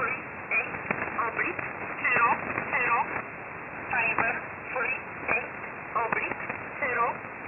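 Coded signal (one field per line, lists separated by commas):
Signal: numbers station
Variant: E11 Oblique, English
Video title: 14 06 2021 Number station E11 Oblique in English to Eu 0900 on 7449 unknown tx site in USB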